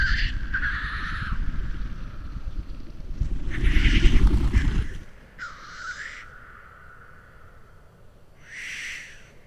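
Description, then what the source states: Black Grouse giving several hissing blows, with a heavy low rumble beneath the first half. Lekking birds in Sweden; display starts with a blowing sound that slowly builds up to cooing, with bass sounds of the wings audible.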